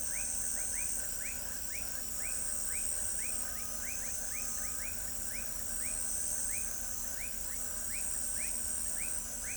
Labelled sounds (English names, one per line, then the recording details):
none
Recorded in pastures near Pivijay, Magdalena, Colombia, on 3 June 2023 at 22:00
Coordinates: 10.456, -74.369
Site P6-G026